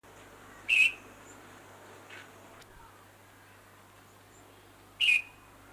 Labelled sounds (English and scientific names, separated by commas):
Red-whiskered Bulbul (Pycnonotus jocosus) call